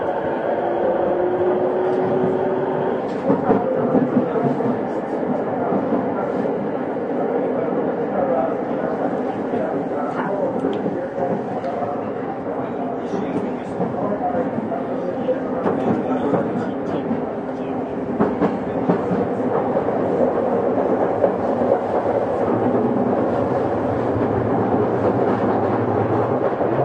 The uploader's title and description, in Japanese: 東京臨海高速鉄道70-000形 新宿〜新木場。JR埼京線→りんかい線の区間で録音